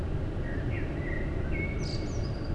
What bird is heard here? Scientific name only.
Turdus merula